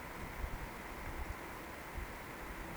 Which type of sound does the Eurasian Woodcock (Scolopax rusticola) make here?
whistle